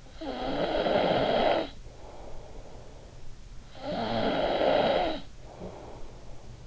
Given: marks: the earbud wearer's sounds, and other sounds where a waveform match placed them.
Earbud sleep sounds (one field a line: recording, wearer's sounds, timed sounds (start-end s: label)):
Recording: sounds in sleep by an in-ear microphone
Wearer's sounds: snoring breath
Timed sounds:
0.13-3.39 s: snoring breath
3.65-6.67 s: snoring breath